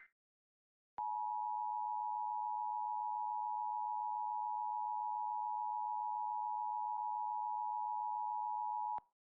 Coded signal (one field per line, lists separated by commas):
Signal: Emergency Alert System (SAME) tones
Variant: 853 and 960 Hz attention tone